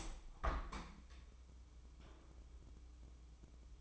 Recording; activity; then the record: daily activity, microphone in the room; open window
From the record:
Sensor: 1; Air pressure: 1014.9 hPa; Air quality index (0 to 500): 30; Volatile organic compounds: 1 ppm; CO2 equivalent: 534 ppm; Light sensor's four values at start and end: 10/25/10/11 and 11/26/10/11